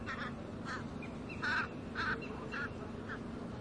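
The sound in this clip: Frogs giving short, harsh croaking calls in rapid succession, roughly two per second, with a few louder ones in the middle over a steady low background hum.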